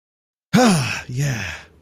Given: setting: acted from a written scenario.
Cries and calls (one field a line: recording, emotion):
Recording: vocal sound without words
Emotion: pride